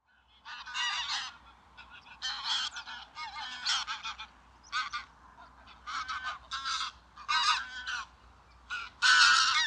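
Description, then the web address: Greylag goose giving harsh, nasal honks in short separate bursts, irregularly spaced, with the loudest call at the very end. "صدای غاز وحشی خاکستری"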